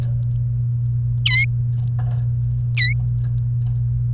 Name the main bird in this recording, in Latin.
Serinus canaria